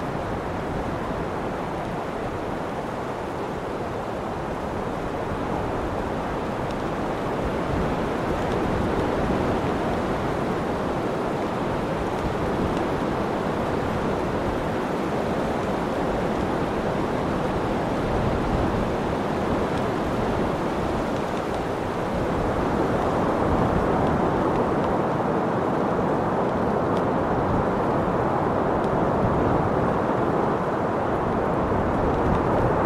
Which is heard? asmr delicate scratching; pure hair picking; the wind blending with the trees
the wind blending with the trees